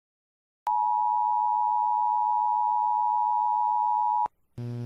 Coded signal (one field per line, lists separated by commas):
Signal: Emergency Alert System (SAME) tones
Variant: 853 and 960 Hz attention tone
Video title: SEVERE THUNDERSTORM WARNING EAS COMPILATION (#51-63) LAREDO, TX MAY 24 2022.mp4